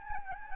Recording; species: mosquito wingbeat signal from an infrared sensor; Aedes albopictus